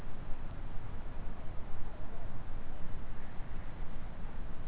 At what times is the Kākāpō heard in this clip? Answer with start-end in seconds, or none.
none